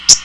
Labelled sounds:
Common Yellowthroat (Geothlypis trichas) flight call

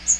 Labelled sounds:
Magnolia Warbler (Setophaga magnolia) flight call

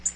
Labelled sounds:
Tennessee Warbler (Leiothlypis peregrina) flight call

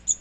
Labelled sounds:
Magnolia Warbler (Setophaga magnolia) flight call

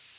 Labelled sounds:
Ovenbird (Seiurus aurocapilla) flight call

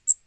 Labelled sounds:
Magnolia Warbler (Setophaga magnolia) flight call

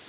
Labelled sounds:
Orange-crowned Warbler (Leiothlypis celata) flight call

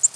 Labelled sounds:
Black-throated Green Warbler (Setophaga virens) flight call

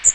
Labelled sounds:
Magnolia Warbler (Setophaga magnolia) flight call

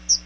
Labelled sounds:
Chestnut-sided Warbler (Setophaga pensylvanica) flight call

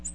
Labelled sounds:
Ovenbird (Seiurus aurocapilla) flight call

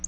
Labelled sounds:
Black-throated Blue Warbler (Setophaga caerulescens) flight call

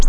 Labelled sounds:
Nashville Warbler (Leiothlypis ruficapilla) flight call

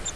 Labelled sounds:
Grace's Warbler (Setophaga graciae) flight call

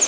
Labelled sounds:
Pine Warbler (Setophaga pinus) flight call

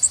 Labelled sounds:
Connecticut Warbler (Oporornis agilis) flight call

